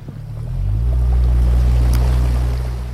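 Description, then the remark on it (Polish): A boat motor drones steadily with a deep, low hum during a short cruise on the Prosna river in Kalisz, swelling in over the first half-second and holding, with faint water splashing and wind noise over it. No one speaks. “Miasto od strony rzeki wygląda naprawdę uroczo, a przekonałem się o tym osobiście podczas krótkiego rejsu po Prosnej.”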